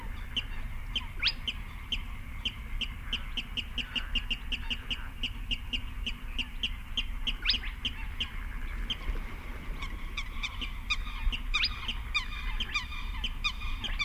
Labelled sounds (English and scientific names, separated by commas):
Spotted Crake (Porzana porzana)